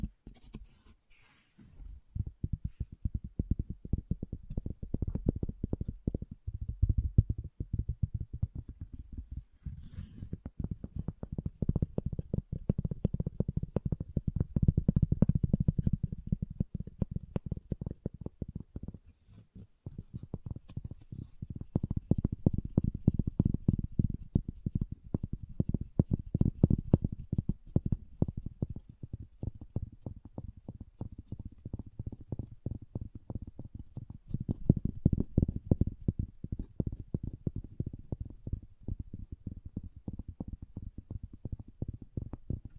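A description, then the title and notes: Fast, dense wooden tapping and scratching, with a low, muffled body and little brightness. The rapid taps run almost continuously, swelling and easing in loudness, with brief pauses near 2, 10 and 19 seconds. ASMR Calming Wood Triggers for Sleep (No Talking).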